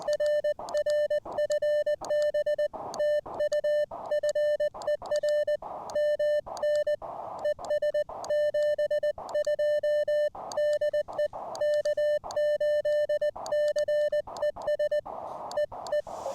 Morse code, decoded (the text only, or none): RR FB TU FER MN ES 72 DE K8CES EE